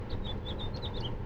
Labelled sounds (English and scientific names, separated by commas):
House Finch (Haemorhous mexicanus) song